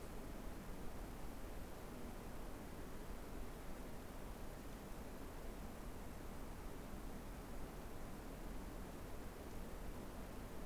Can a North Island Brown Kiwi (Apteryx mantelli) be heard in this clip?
no